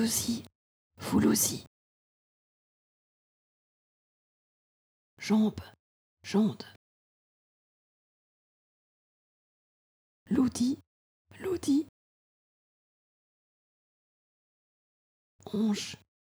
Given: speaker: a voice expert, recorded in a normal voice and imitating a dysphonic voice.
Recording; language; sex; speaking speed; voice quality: pseudo-word pairs; French; female; fast speed; dysphonic voice